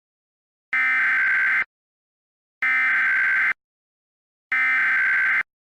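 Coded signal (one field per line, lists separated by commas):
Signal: Emergency Alert System (SAME) tones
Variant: header bursts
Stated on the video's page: Valid tones in a fictional scenario clip.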